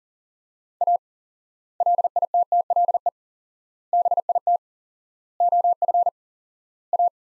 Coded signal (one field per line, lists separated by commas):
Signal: Morse code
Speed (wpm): 40 wpm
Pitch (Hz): 700 Hz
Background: none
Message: A LITTLE BIT OF A